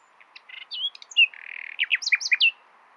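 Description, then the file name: Common nightingale song: one short phrase of clicks, a whistle, a steady buzzy churr, then several loud, sweeping, slurred notes. "Luscinia megarhynchos"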